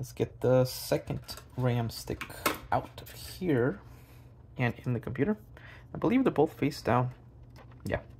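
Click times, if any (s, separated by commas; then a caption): none. The second stick of a Team Group Elite DDR4 32GB SO-DIMM laptop memory kit is handled and angled toward its slot in a laptop while someone talks, with faint tapping and handling sounds between the words. Nothing has seated or clicked yet.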